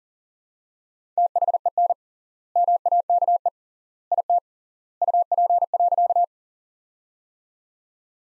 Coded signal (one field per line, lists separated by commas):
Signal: Morse code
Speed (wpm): 40 wpm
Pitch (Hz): 700 Hz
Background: none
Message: THEN MAKE IT UP.